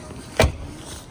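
Someone raises the second rear seatback of a Chevrolet Bolt, checks that the seat belt isn't trapped, and pushes the seatback upright. A single sharp latch clunk with a low thump sounds at 0.4 s against a quiet background. The seatback locks into its upright position.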